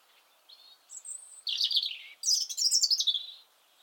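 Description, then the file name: European robin song, thin high drawn-out notes followed by bursts of rapid, tinkling trills. "Erithacus rubecula"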